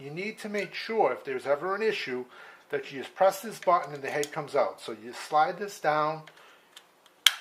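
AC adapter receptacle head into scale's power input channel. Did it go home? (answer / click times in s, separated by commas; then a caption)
yes / 7.3 s. Someone talks while the removable AC adapter receptacle head is slid down into its channel on the power input on the back of a Mettler Toledo JL 602 digital scale; a button press releases the head. Faint ticks at 6.8 and 7.1 seconds lead to a sharp, loud click at 7.3 seconds as the head seats in the channel.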